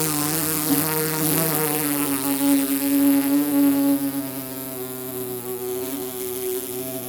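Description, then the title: Bumblebee buzzing continuously, a loud droning hum with many steady harmonics that wavers slightly in pitch and loudness throughout. Bumblebee trapped inside a metal pole, struggling to get out; Blanca, Murcia, Spain; recorded with a Zoom H2. "Paraje Huerta de Arriba, 127, Blanca, Murcia, España - abejorro metálico"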